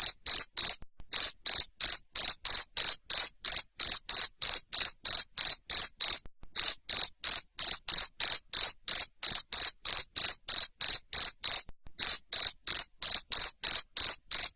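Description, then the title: Cricket calling with a long, steady series of loud, high chirps, about three each second, with a few short breaks. Loud cricket chirping used to make lovebirds keep singing (ngekek). "Suara JANGKRIK NGERIK Keras Bikin LOVEBIRD Jadi NGEKEK Terus"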